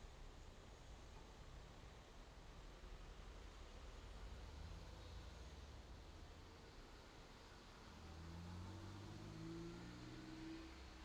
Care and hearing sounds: everyday scene through a hearing-aid microphone; in traffic; traffic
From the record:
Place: main road on the outskirts, rush hour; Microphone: in the ear canal, left

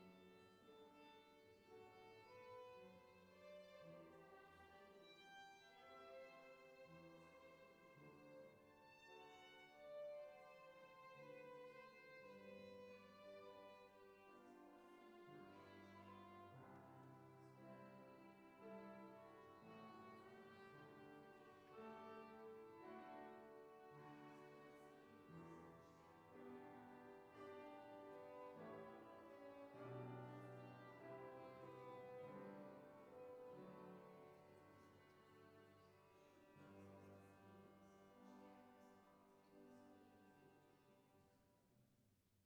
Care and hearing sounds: everyday scene through a hearing-aid microphone; reverberant space; music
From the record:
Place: church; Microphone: behind the ear, left, front

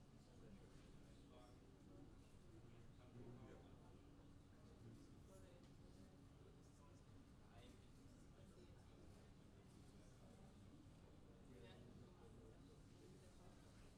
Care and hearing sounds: everyday scene through a hearing-aid microphone; many people talking; many voices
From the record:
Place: university cafeteria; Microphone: in the ear canal, left

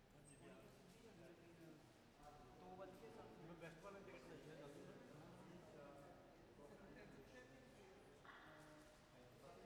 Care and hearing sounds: everyday scene through a hearing-aid microphone; reverberant space; background noise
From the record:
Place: railway station hall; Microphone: behind the ear, left, rear

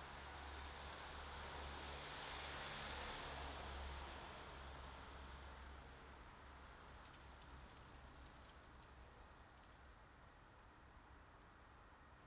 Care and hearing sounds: everyday scene through a hearing-aid microphone; in traffic; traffic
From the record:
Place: bus stop on a city main road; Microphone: in the ear canal, right

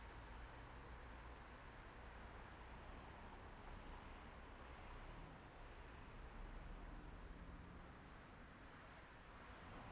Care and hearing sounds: everyday scene through a hearing-aid microphone; in traffic; traffic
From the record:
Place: main road on the outskirts, rush hour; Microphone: behind the ear, left, front

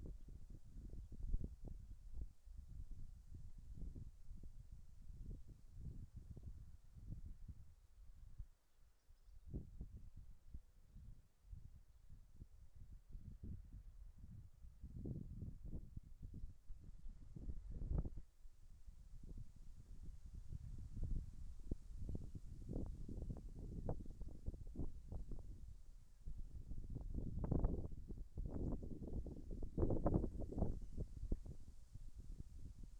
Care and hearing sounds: everyday scene through a hearing-aid microphone; wind on the microphone; wind, birds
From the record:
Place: in front of a rural house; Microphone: behind the ear, right, front

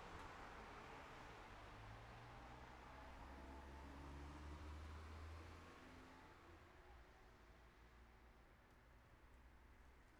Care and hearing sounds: everyday scene through a hearing-aid microphone; in traffic; traffic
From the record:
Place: city secondary road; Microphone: behind the ear, right, front

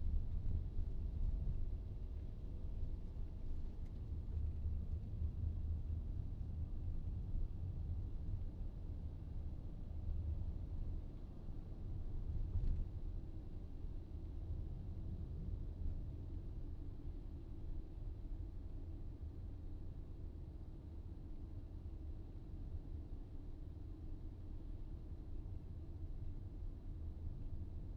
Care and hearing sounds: everyday scene through a hearing-aid microphone; in a vehicle; engine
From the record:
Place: VW T5 Caravelle, diesel engine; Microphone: in the ear canal, right

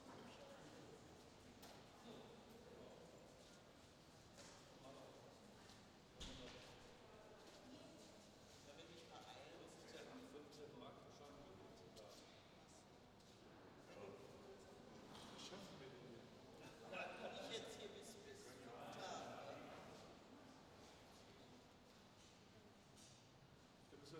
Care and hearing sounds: everyday scene through a hearing-aid microphone; reverberant space; background noise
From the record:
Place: railway station hall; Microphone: in the ear canal, left

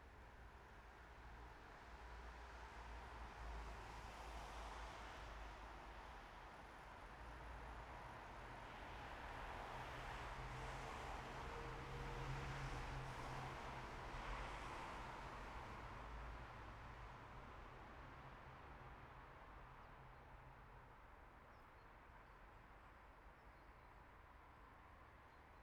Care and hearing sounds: everyday scene through a hearing-aid microphone; in traffic; traffic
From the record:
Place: bus stop on a city main road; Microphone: behind the ear, right, front

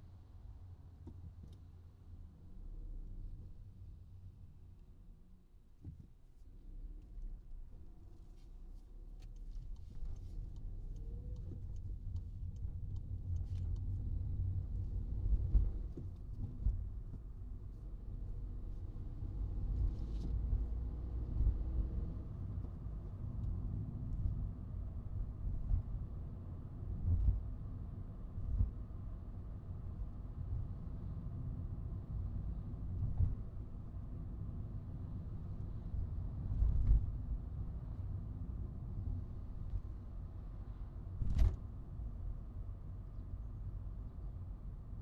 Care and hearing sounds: everyday scene through a hearing-aid microphone; in a vehicle; engine, highway traffic jam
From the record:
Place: Skoda Fabia, gasoline engine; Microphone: in the ear canal, right

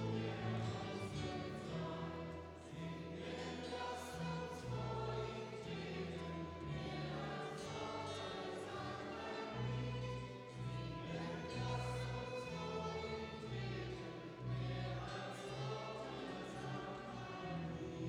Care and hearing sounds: everyday scene through a hearing-aid microphone; reverberant space; music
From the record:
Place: church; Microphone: in the ear canal, right

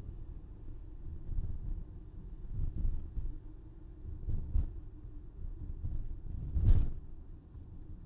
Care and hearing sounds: everyday scene through a hearing-aid microphone; in a vehicle; engine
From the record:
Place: VW T5 Caravelle, diesel engine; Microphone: in the ear canal, left

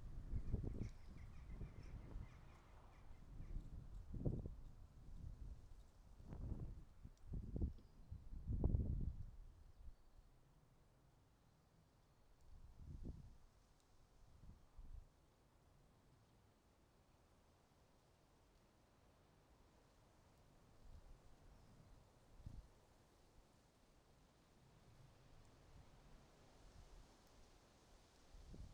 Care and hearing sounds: everyday scene through a hearing-aid microphone; wind on the microphone; wind, traffic, birds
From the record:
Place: suburban garden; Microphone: in the ear canal, right

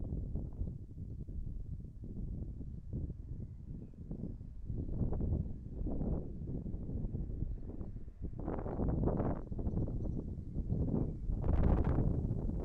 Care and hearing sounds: everyday scene through a hearing-aid microphone; wind on the microphone; wind, birds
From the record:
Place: in front of a rural house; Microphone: behind the ear, right, front

